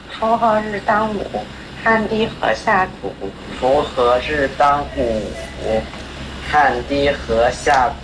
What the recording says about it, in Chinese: 到了青春期呢，尤其是男孩，他的生理结构变化比较快，声带也快速拉长， 结构虽然变了，但是他的发声方式还是保持着童声的发声色彩， 所以就会出现我们所谓的青春期假声这样的一个情况。出现了这种情况呢，需要及时的进行调整， 让他的发声方式与生理结构相匹配。 这是一个青春期男孩在嗓音门诊治疗前后的声音对比。